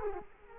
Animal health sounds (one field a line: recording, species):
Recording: mosquito wingbeat signal from an infrared sensor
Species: Culex quinquefasciatus